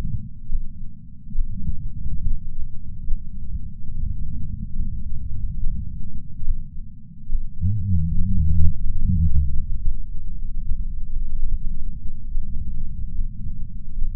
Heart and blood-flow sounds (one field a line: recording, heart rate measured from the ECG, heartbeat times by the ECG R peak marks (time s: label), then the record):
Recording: heart sounds by patch sensor on the chest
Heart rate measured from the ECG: 71 bpm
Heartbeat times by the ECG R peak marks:
0.50 s: heartbeat
1.35 s: heartbeat
2.22 s: heartbeat
3.07 s: heartbeat
3.91 s: heartbeat
4.76 s: heartbeat
5.62 s: heartbeat
6.46 s: heartbeat
7.30 s: heartbeat
8.16 s: heartbeat
9.00 s: heartbeat
9.83 s: heartbeat
10.67 s: heartbeat
11.50 s: heartbeat
12.33 s: heartbeat
13.17 s: heartbeat
14.00 s: heartbeat
From the record:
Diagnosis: coronary artery disease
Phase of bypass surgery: preoperative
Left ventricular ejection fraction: 69.1%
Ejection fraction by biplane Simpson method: 68.2%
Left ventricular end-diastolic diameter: 44 mm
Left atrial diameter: 36 mm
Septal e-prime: 8.3 cm/s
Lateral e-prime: 8.5 cm/s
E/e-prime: 10.7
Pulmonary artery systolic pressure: 35 mmHg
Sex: male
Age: 76 years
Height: 165 cm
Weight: 79 kg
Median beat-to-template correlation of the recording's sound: 0.89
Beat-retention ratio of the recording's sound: 0.98